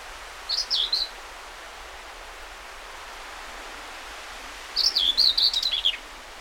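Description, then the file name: Common whitethroat: a brief broken fragment, then after a pause a fuller scratchy warble of rapid notes, all set against steady background hiss. Recorded 20 May 2009. "20090520 whitethroat"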